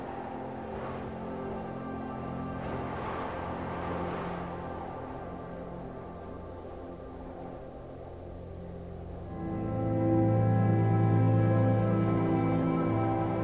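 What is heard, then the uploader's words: Soft ambient music drifts over a snowy forest, built from long sustained tones layered low to mid. Airy gusts of wind swell early on, around the first few seconds. Near the ninth second the music grows louder and fuller, with a deep held bass note. Snowy Forest - Ambience and Ambient Music. The soothing sounds of a wind-swept snowy forest, with ambient sounds and beautiful ambient music.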